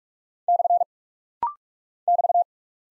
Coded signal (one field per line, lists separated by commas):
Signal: Morse code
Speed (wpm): 45 wpm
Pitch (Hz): 700 Hz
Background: none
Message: / <BT>